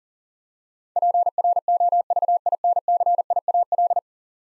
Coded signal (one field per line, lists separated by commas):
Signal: Morse code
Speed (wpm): 40 wpm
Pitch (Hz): 700 Hz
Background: none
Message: PROVINCIAL